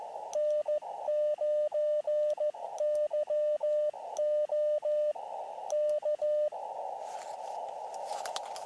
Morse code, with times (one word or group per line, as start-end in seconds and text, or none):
0.4-5.1 N9YO
5.7-6.5 K